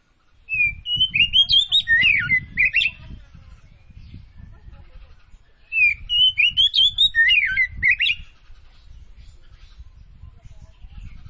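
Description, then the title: Oriental magpie-robin song: two bursts of rapid, varied whistled and warbled notes a few seconds apart, over a low rumbling background noise. Tretes variety, described as gacor (singing actively). "Kacer Tretes"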